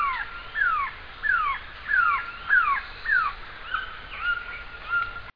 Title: LuckyPassaro Completos2Sama. Glossy Antshrike (Sakesphorus luctuosus)